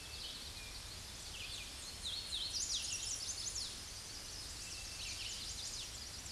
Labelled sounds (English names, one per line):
Hooded Warbler song